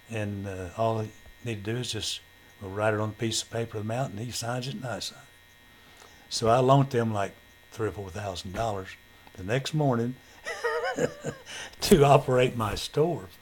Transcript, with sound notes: And all you need to do is just, we'll write it on a piece of paper the amount and he signs it and I sign it." So I loaned them like three or four thousand dollars the next morning (Laughter) to operate my store.